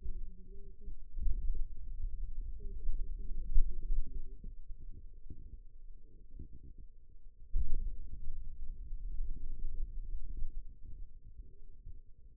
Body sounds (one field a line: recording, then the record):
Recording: forearm muscle sounds (acoustic myography)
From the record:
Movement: finger pinch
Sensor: system 2, bracelet of six BSWA MPA416 microphones around the upper forearm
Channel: 3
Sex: female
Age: 21 years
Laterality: right